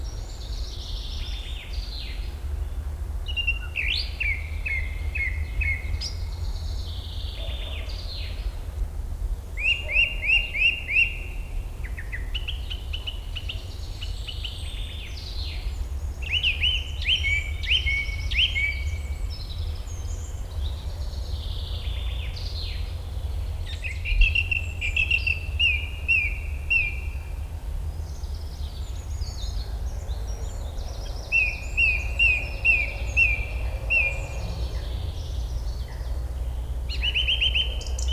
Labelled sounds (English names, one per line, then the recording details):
Song Thrush song
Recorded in the wild
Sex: male
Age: adult
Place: Erlangen, Bayern, DE
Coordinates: 49.6086, 10.9697
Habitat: carr
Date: 1961-04-16
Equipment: Stellavox SM 4, Original, Vollspur
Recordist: Tretzel, Erwin